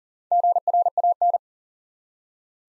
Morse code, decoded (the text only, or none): GRAN